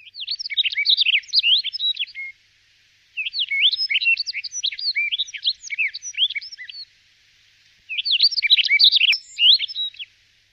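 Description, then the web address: Bird giving quick, high twittering phrases of varied chirps, three bursts of two to four seconds with brief gaps, and a sharp click near the end. "bird voice"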